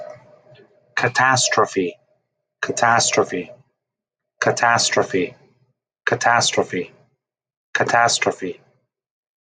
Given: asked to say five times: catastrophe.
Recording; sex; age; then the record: repeated word; male; 30 to 39 years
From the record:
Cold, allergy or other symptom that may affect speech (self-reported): no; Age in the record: 36 years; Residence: Pennsylvania, United States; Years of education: 16